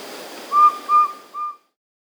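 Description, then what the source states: Subtropical pygmy owl call: three short, pure whistled notes in quick, even succession, the last one softer, before the recording cuts to silence. South America.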